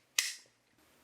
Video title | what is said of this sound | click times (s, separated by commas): Jane Davenport Art Time Watercolors 'Jane-isms' Set - Road test & Review | Should be able to, yeah, snap that into place, just like so. | 0.2 s